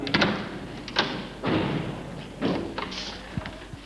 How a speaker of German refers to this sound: Nun dürfen wir eine nächste Tür hier im Funkhaus des Senders Leipzig öffnen.